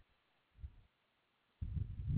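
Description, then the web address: Koala giving low, rumbling snore-like grunts: a short burst, a pause of quiet, then a longer, louder stretch of deep pulsed bellowing. Recorded 27 April 2021 at 10:12 PM. "Koala CS HMCrecordings 4 27 2021 by ztoney 10 12 18 PM"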